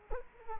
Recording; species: mosquito wingbeat signal from an infrared sensor; Culex quinquefasciatus